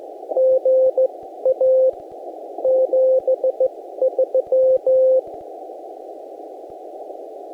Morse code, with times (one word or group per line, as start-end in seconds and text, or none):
0.4-1.9 GA
2.6-5.2 73